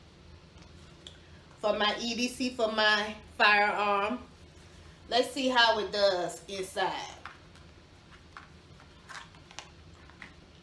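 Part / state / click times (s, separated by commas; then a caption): handgun into retention holster / seated / 9.6 s. Someone talks about their everyday-carry firearm, then pushes the pistol down into a Safariland polymer retention holster. After a few faint handling sounds, the gun clicks and locks into the holster's retention at 9.6 s.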